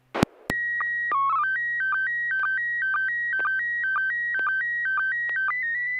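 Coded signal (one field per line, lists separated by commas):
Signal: SSTV (slow-scan television)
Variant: PD 120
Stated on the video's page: SSTV net on an FM repeater at 441.300 MHz, Sacramento, CA, Wednesdays 9 pm Pacific.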